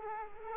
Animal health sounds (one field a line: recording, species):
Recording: mosquito wingbeat signal from an infrared sensor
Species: Culex quinquefasciatus